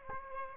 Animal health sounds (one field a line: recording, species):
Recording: mosquito wingbeat signal from an infrared sensor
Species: Aedes aegypti